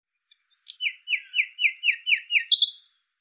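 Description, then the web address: Bird song of about eight matching two-part notes repeated at a steady quick pace, ending in one higher, louder note. "cianscape birddata Deverinetal 2025 File cleaned normalized Bird Lu Me Lu Me"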